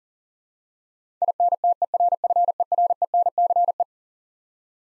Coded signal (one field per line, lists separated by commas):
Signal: Morse code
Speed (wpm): 40 wpm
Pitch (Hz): 700 Hz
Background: none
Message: INTERFERENCE